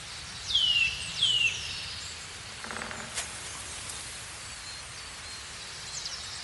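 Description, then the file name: Eurasian nuthatch call: two loud falling whistles close together at the start, followed by a short rattling burst and quiet background. "Sitta europaea"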